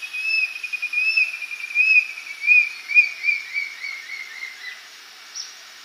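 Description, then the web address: Brown-billed scythebill song: a long series of high whistled notes, each slightly rising and falling, speeding up and drifting lower before fading out after about five seconds. Recorded in Ecuador. "Birds of Ecuador Brown-billed Scythebill"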